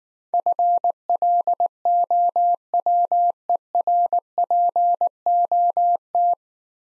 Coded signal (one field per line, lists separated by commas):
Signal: Morse code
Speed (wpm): 19 wpm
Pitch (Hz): 700 Hz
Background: none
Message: FLOWERPOT